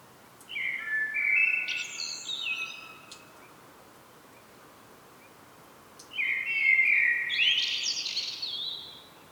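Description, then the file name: Common blackbird: two song phrases about six seconds apart, each opening with fluty whistles and closing in a jumbled high twitter. "Turdus merula"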